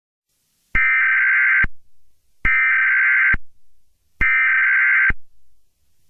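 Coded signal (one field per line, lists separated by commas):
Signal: Emergency Alert System (SAME) tones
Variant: header bursts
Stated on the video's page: Fictional EAS scenario, not a real alert.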